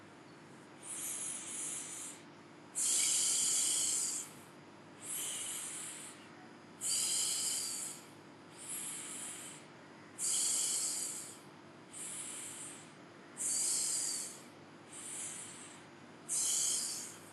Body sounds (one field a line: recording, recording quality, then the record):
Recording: deep breathing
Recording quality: excellent, no background noise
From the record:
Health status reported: healthy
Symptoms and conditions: cough, cold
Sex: male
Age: 52 years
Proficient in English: yes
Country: India